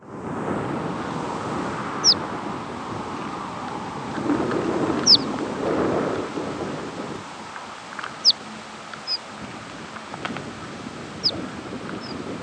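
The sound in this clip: Horned lark calls: thin, high, short downward-slurred notes given roughly every three seconds, faint over a steady low rumble of wind or engine noise.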